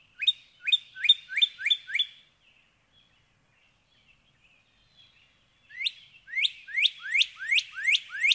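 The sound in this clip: Northern cardinal song: a run of six rapid slurred whistles, a long quiet gap with faint notes, then another fast series of sweeping whistled notes.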